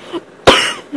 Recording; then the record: coughing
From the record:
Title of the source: 34 coughing up crap again